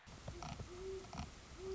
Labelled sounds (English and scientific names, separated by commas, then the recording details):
Great Horned Owl (Bubo virginianus)
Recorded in Sonoma County, California